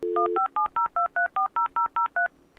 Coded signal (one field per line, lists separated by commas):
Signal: DTMF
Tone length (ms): 120 ms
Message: 15702340003